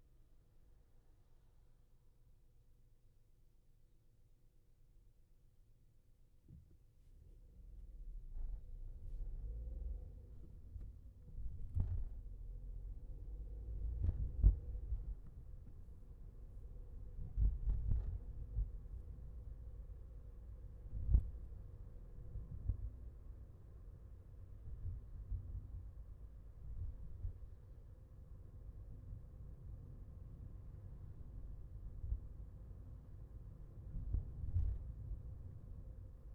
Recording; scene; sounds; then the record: everyday scene through a hearing-aid microphone; in a vehicle; engine, highway traffic jam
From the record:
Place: Skoda Fabia, gasoline engine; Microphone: behind the ear, left, front